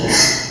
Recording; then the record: squeal of a Yucatan mini pig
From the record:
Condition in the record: before surgery on the right vocal fold (resection and tissue-engineered implant); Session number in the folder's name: 2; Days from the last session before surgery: 0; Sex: male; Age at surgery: 12 weeks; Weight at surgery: 13 kg